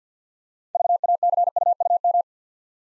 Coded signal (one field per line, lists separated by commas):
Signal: Morse code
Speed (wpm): 53 wpm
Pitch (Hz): 700 Hz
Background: none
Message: VACUUM